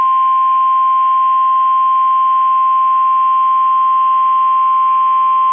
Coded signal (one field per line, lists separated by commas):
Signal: Emergency Alert System (SAME) tones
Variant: 1050 Hz attention tone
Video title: 12/27/23 - Last Required Weekly Test of 2023 on KEC65 (EAS #961)